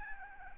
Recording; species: mosquito wingbeat signal from an infrared sensor; Aedes albopictus